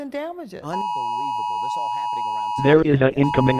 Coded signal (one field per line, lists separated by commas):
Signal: Emergency Alert System (SAME) tones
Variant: 853 and 960 Hz attention tone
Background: speech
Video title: Eas scenario: Horrors of the Freakager / Halloween special